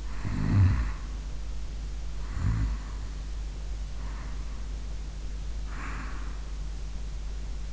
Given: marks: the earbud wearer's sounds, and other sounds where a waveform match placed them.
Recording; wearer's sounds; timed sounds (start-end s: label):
sounds in sleep by an in-ear microphone; snoring breath, breath
0.00-3.46 s: snoring breath
3.97-7.16 s: breath